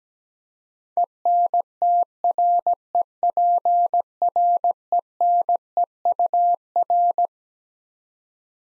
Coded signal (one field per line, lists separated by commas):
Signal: Morse code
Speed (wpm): 17 wpm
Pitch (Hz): 700 Hz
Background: none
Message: ENTREPRENEUR